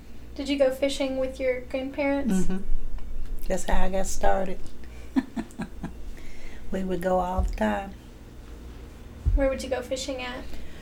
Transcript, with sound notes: Did you go fishing with your grandparents?
Um hum, that’s how I got started. (she laughs) We would go all the time.
Where would you fishing at?